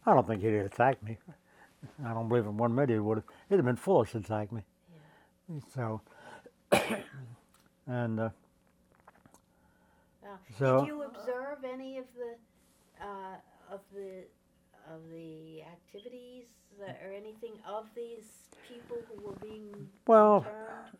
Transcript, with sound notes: I don't think he'd attack me. I don't believe for one minute he would have. He would have been foolish to attack me. So — [clears throat] and —
Oh.
So —
Did you observe any of the — of the — of the activities, or anything of these people who were being —
Well —
— returned?